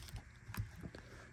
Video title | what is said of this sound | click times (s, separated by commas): Snout Spout Masterverse & Origins unboxing and review + parts swap | now this should work by all accounts but it is being a very tough fit there it goes snapped right into place | 0.5 s